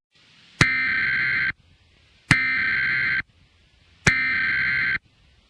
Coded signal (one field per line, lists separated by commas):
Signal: Emergency Alert System (SAME) tones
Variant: header bursts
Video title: EAS Mock: Stupid Nevada Riots